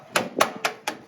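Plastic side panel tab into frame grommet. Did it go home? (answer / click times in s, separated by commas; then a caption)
yes / 0.2 s, 0.9 s. On a 2012 Suzuki GSX-R 750, a plastic motorcycle side panel is lined up, its tab is pushed into the frame grommet hole, and the panel is pressed against the velcro. Four short, sharp pops ring out within about a second, and the tab pops in and seats at 0.2 s and 0.9 s.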